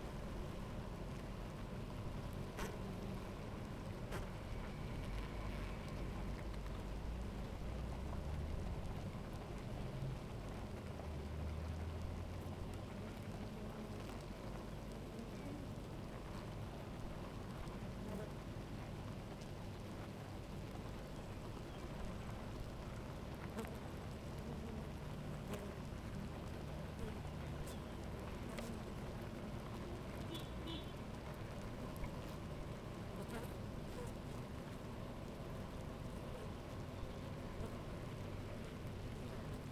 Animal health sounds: honeybee colony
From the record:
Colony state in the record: active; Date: 28 July 2017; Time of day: 11:09

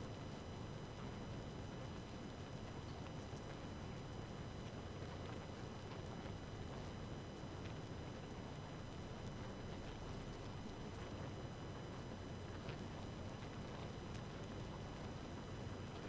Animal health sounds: honeybee colony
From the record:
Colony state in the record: active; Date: 12 June 2018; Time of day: 2:11

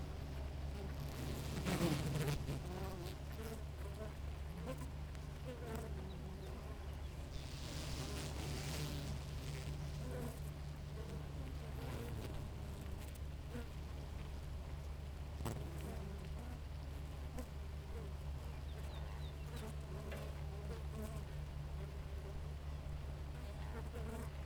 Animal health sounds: honeybee colony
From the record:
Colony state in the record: active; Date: 28 July 2017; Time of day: 4:46

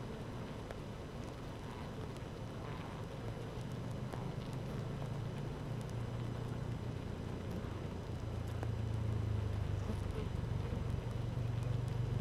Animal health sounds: honeybee colony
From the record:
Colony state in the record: active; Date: 12 June 2018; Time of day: 15:07

